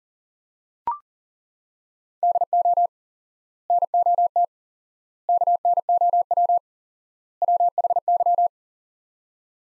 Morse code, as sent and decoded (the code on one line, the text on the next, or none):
-.. --- / -. --- - / -.- -. --- .-- / .-- .... -.--
DO NOT KNOW WHY